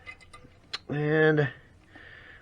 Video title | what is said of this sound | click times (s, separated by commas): PART 2: C3 CORVETTE 200 4R TRANSMISSION INSTALL | let's just say it's going to snap right in and it is | 0.7 s